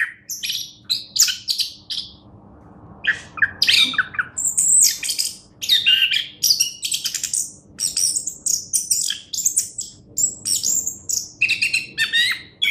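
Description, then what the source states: Chestnut-capped thrush pouring out a fast, high-pitched medley of clear whistles, chirps and rasping notes in short bursts separated by brief pauses. Captive bird, locally called anis kembang, kept at a bird shop in Graha Raya, Tangerang.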